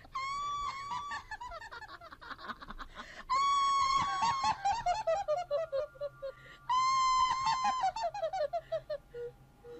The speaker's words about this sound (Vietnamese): Lẫn trong tiếng gió rì rào là tiếng cười, tiếng gào thét đầy giận dữ.